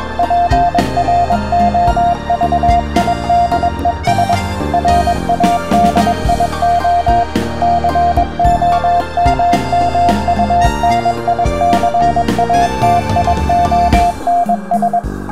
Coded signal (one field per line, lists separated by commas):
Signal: Morse code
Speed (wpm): 22 wpm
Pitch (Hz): 700 Hz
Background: music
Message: PROVIDES RADIO COMMUNICATIONS